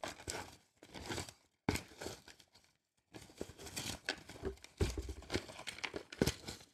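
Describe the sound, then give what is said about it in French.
Slips of paper being shuffled and pulled out, heard as bursts of dry crinkling and rustling broken by short silent pauses, with no one talking. “À mon tour, je mélange.”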